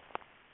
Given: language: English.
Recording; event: throat vibration sensor signal played as sound; swallow